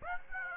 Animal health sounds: mosquito wingbeat signal from an infrared sensor; Aedes aegypti

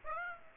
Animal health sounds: mosquito wingbeat signal from an infrared sensor; Aedes aegypti

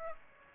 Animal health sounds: mosquito wingbeat signal from an infrared sensor; Aedes aegypti

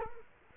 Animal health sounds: mosquito wingbeat signal from an infrared sensor; Culex quinquefasciatus

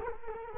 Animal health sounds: mosquito wingbeat signal from an infrared sensor; Culex quinquefasciatus

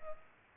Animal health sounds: mosquito wingbeat signal from an infrared sensor; Culex pipiens

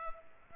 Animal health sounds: mosquito wingbeat signal from an infrared sensor; Culex pipiens

